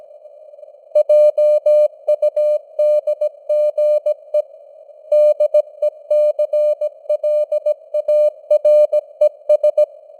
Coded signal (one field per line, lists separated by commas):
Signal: Morse code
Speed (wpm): 17 wpm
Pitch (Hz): 600 Hz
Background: none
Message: JUDGE DECLARES